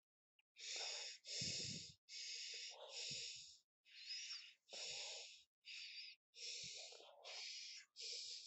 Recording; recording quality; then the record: shallow breathing; excellent, no background noise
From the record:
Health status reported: healthy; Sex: male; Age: 31 years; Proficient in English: yes